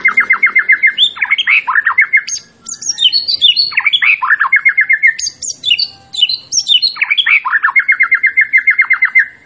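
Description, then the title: White-rumped shama song: rapid repeated chip notes alternating with loud rich whistled flourishes, the quick chipping series returning between phrases. Champion bird; recording used for song training (masteran). "Masteran Murai Batu Juara"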